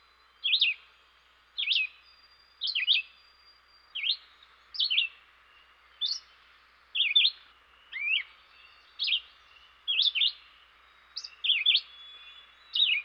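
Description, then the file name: Red-eyed vireo song: short, slurred whistled phrases delivered one after another with brief pauses between them. "dan-gibsons-solitudes red-eyed-vireo"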